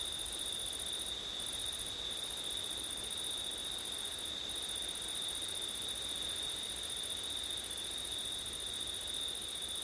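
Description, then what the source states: Cricket: even high-pitched trilling with an upper shimmering band that breaks off briefly a few times, background hiss faint. Crickets singing on a September night, with wind.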